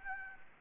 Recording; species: mosquito wingbeat signal from an infrared sensor; Anopheles gambiae